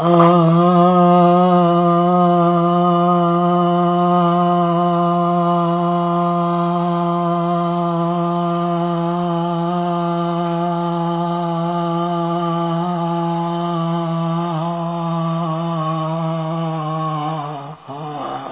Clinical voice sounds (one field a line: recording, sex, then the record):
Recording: sustained vowel /a/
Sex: male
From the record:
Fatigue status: fatigue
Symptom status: symptomatic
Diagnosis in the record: COVID-19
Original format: 3gp